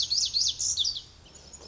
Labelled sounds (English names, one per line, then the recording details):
Lazuli Bunting
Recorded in Sonoma County, California